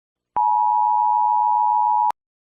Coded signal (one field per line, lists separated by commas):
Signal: Emergency Alert System (SAME) tones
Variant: 853 and 960 Hz attention tone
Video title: Cartina county | EAS